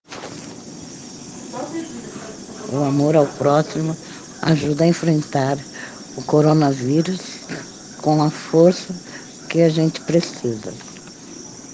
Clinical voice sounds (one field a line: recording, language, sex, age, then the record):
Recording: spoken sentence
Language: Brazilian Portuguese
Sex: female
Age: 60 to 69 years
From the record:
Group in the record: respiratory insufficiency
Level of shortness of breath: 5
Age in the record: 60 years